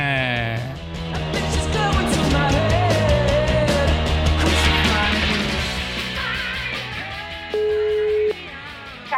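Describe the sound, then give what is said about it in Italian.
A dense, busy musical background, then near the end a steady, flat electronic phone-line tone sounds for under a second after the caller hangs up, loud and unwavering, before cutting off. “Ma cosa attacchi il telefono? Che fai? Attacchi?”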